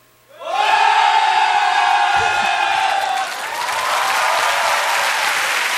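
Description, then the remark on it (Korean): A crowd of soldiers lets out a loud, sustained cheer on command for about five seconds, a roaring mass of shouting voices that swells suddenly and holds steady, dipping slightly before carrying on to the end. “자, 전방의 함성 5초간 실시!”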